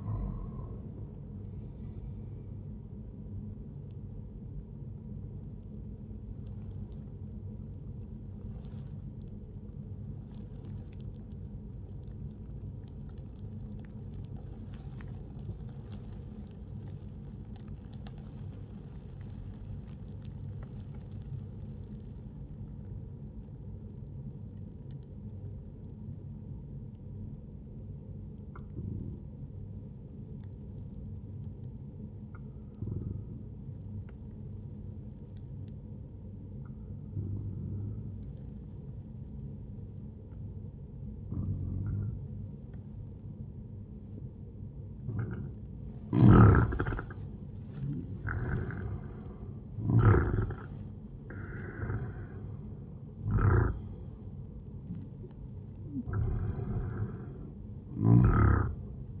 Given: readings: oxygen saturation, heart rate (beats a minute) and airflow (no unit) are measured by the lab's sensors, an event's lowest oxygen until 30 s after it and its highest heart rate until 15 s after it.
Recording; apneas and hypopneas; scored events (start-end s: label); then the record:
breathing in sleep by a smartphone at the bedside; 1
8.00-45.10 s: obstructive apnea (N1, oxygen 97% highest, then 92% lowest, heart rate 70 at the start, 76 highest)
From the record:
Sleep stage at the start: N1 (lightest sleep); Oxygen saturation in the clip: 95 to 97%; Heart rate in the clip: 62 to 79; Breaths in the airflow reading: 6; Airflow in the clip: -10.5 to 11.5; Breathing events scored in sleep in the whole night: 131 in 7.2 hours asleep